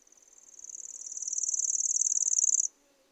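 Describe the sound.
Bird reeling: a high, dry, rapid trill that fades in, builds steadily in loudness, then stops abruptly.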